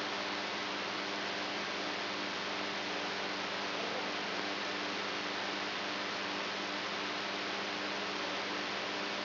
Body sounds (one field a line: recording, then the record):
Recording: brain microelectrode recording played as sound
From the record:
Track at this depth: inside the subthalamic nucleus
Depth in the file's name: 3.717 mm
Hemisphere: right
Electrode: 3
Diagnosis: Parkinson's disease